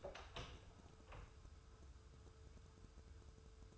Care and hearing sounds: daily activity, microphone in the room; open door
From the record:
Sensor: 2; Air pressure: 1015.0 hPa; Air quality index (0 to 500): 106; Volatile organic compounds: 3 ppm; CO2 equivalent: 1344 ppm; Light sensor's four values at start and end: 13/35/14/15 and 13/35/14/15

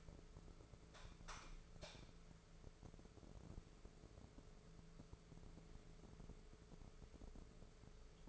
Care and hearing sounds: daily activity, microphone in the room; light off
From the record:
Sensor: 5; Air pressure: 1014.8 hPa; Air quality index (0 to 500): 170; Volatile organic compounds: 6 ppm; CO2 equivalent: 1870 ppm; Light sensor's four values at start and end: 115/276/118/130 and 114/270/116/127

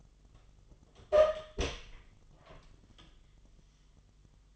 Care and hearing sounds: daily activity, microphone in the room; open door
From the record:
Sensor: 4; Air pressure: 1005.7 hPa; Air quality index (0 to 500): 87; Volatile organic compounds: 2 ppm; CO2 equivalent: 1076 ppm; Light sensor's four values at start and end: 13/30/12/11 and 13/29/11/11

